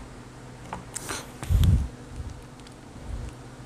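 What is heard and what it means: A first RAM module is handled at a motherboard DIMM memory slot, with light taps near 0.7 s, 1.0 s and 1.6 s and a low thump around 1.5–1.8 s over a steady background hum. Nothing has seated or clicked into the slot yet, and the retention latches have not snapped closed.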